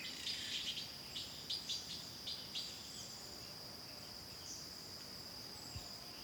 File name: ambience forests constant insect with few birds